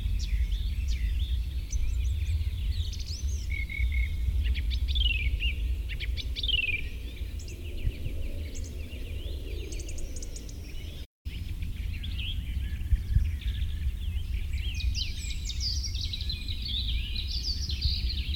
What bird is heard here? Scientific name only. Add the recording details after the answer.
Scolopax rusticola. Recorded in the wild. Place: Blumenholz, Mecklenburg-Vorpommern, DE. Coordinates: 53.426, 13.171. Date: 1982-05-24. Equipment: Nagra III BH, Sennheiser MD 21. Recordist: Schubert, Michael. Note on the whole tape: Revierflug- Szenen Waldschnepfe, handgehaltenes Mikrofon